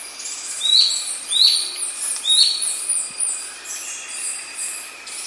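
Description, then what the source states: Slaty antwren calls: three short, sharp, rising notes about a second apart, with thin high whistles and buzzy notes from other birds continuing behind. South America.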